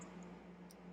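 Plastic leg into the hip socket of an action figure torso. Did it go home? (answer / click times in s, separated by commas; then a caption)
no / none. A plastic leg is pushed into the hip socket of a McFarlane build-a-figure action figure torso, with only a steady low hum and one faint tick at 0.7 s. The leg does not snap in and comes straight back out, so nothing has seated or clicked yet.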